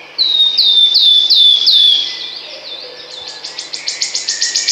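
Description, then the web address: Wood warbler song: a series of falling piping whistles, then a new phrase of high ticking notes starting to accelerate. "Kurs PTTK Przyroda Ptaki Świstunka leśna"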